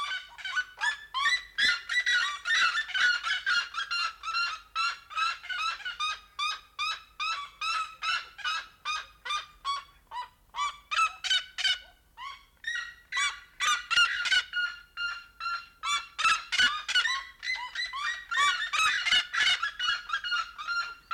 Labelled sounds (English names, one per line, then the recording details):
Red-legged Seriema call
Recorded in captivity
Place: Zoo Berlin, Berlin, DE
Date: 1992-07-11 12:00
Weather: bedeckt, z.T. Regen, 17-22°C
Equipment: Marantz CP 430, Sennheiser ME 80, Kopie Tesla B 116
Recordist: Tembrock, Günter